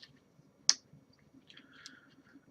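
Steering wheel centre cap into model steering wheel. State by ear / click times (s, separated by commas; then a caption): seated / 0.7 s. A plastic centre cap is pushed onto the steering wheel of a scale model Back to the Future DeLorean kit and snaps into place. A single sharp click is heard at 0.7 s, followed by faint rustling and soft handling noises. The centre piece is seated on the steering wheel.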